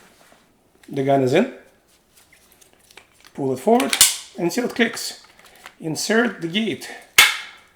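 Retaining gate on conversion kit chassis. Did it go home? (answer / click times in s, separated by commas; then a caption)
yes / 7.2 s. Someone talks while a pistol is pulled forward in its conversion kit chassis and the kit's retaining gate is closed, with a few faint ticks between 2.3 and 3.3 seconds. The retaining gate snaps shut with one loud, sharp click at 7.2 seconds, seating the pistol in the chassis.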